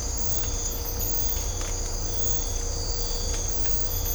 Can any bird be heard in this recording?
no